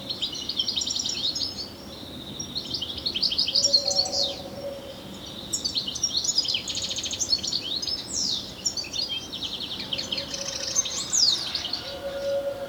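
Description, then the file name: European Goldfinch twittering calls, dense liquid chirps and trills in bursts, with a low tone appearing at intervals. "Carduelis carduelis"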